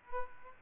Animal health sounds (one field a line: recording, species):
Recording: mosquito wingbeat signal from an infrared sensor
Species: Aedes aegypti